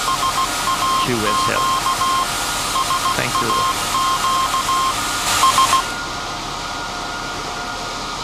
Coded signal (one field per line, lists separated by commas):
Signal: Morse code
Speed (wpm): 16 wpm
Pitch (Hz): 1060 Hz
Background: speech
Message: SAQ SAQ S